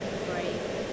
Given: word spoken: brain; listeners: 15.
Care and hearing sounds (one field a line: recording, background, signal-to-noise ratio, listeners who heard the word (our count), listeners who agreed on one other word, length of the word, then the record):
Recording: one English word in noise, from a listening test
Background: speech-shaped noise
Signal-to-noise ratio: -5.5 dB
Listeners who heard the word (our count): 4 of 15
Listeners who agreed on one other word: 7 of 15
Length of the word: 0.53 s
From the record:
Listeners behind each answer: 7, 4, 2, 1, 1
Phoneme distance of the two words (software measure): 10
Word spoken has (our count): 1 syllable, 4 phonemes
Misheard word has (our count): 1 syllable, 4 phonemes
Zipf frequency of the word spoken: 4.84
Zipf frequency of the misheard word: 4.64